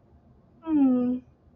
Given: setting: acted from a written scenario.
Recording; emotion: vocal sound without words; contentment